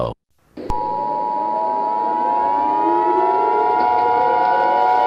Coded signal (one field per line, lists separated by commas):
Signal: Emergency Alert System (SAME) tones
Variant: 853 and 960 Hz attention tone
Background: speech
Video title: EAS Scenario: XJ9 Invasion